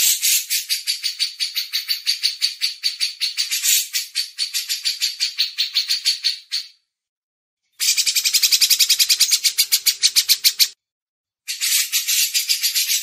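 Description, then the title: Grey-cheeked bulbul song: a long run of quick buzzy notes, a pause, then two more bursts of the same rapid chatter. Masteran: training audio for songbirds. "MASTERAN CUCAK JENGGOT"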